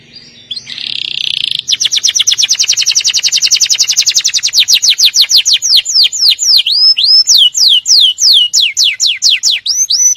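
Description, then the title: Atlantic canary singing a long rapid rolling trill of sharp repeated notes after a brief buzzy opening, slowing into swooping whistles near the end. "Kenari"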